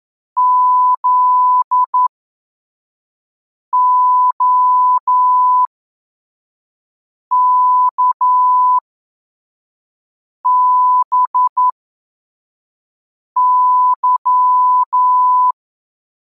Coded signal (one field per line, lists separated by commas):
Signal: Morse code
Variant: Russian alphabet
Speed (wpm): 11 wpm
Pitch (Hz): 1000 Hz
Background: none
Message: ЗОКБЫ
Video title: Азбука Морзе. Урок 12. Тексты для отработки приёма. Скорость 3 гр/м.